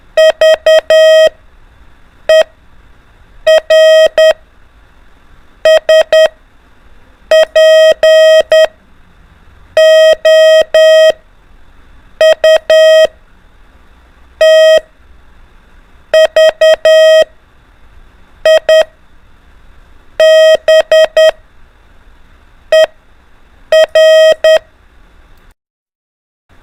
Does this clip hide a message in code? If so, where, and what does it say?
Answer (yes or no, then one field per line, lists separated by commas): yes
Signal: Morse code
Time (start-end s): 0.2-24.6 s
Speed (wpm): 10 wpm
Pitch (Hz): 630 Hz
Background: none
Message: VER SPOUT VIBER